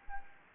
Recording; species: mosquito wingbeat signal from an infrared sensor; Anopheles gambiae